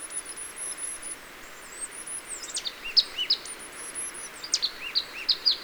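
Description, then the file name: Marsh tit calling in rapid runs of sharp high notes with lower curved notes between them, while thin very high whistles sound faintly above. "Poecile palustris"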